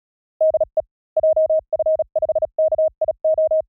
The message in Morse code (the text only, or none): DE JF5KIO